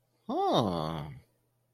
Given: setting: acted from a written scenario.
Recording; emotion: vocal sound without words; interest